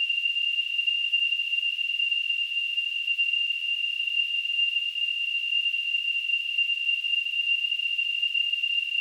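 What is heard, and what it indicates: Simulated tinnitus: a steady, high-pitched ringing tone near 3 kHz with a faint surrounding hiss, unchanging in pitch and loudness throughout.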